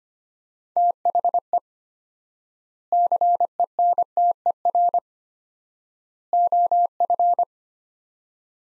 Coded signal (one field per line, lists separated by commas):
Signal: Morse code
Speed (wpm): 25 wpm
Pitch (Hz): 700 Hz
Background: none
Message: THE CENTER OF